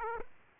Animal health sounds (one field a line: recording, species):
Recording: mosquito wingbeat signal from an infrared sensor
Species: Aedes aegypti